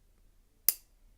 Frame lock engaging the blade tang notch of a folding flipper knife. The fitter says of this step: So you got the notch and it just clicks right in.